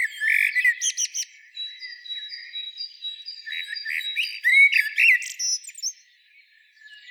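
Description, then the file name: Common blackbird song: uneven bursts of warbled notes and squeaky high twitters, then quiet near the end. "Turdus merula"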